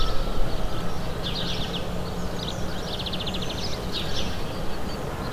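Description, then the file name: Birds giving rapid, evenly pulsed high trills in short bursts, with scattered chirps over a strong low rumble. Recorded in the morning. "Morning Birds Ambience"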